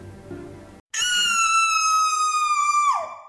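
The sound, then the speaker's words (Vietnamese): A girl, seeing a man holding a knife looking at her, lets out one long, loud, high-pitched scream of terror, held steady for about two seconds before breaking off, after a brief moment of low murmuring and silence. “Con nhỏ này thấy thằng cầm dao đang nhìn mình, nó vội gào thét lên ầm ĩ.”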